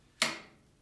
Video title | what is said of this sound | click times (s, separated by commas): PowerBlock Sport 50's Review. All you need to get started working out at home!! | a magnetic base on the handle of this pin and it will snap in place. | 0.2 s